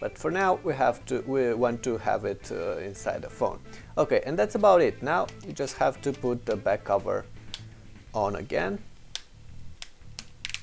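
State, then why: Seated. Someone talks, then the plastic back cover of a Samsung Galaxy S4 smartphone is pressed back onto the phone body. Its edge clips snap in one after another as sharp clicks at 9.2, 9.8, 10.2 and 10.5 seconds, and the cover is seated.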